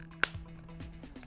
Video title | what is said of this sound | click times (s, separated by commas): Installing Roll-off on Scott Prospect | Once you've done that, you want to push in on the black tabs, locking the door onto the canister. | 0.2 s